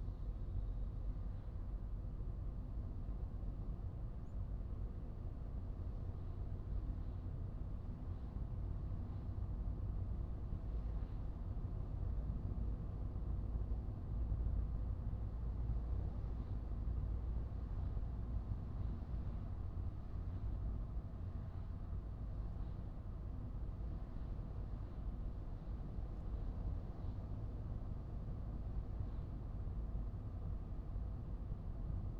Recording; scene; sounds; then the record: everyday scene through a hearing-aid microphone; in a vehicle; engine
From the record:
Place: Skoda Fabia, gasoline engine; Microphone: in the ear canal, right